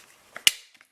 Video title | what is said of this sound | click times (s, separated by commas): 🇫🇷 Kärcher WV5 Premium - Conseils et explications de la gamme WV1 WV2 WV5 Plus WV50+ 🇫🇷 | Voilà, ça se clipse très simplement. | 0.5 s